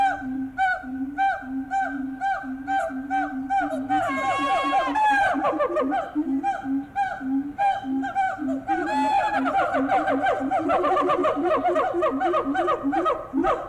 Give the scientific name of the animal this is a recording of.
Symphalangus syndactylus